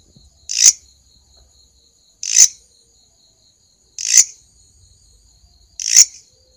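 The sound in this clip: Grasshopper rasps, four short dry bursts spaced evenly about two seconds apart, with a faint steady whine and a pulsing high hum.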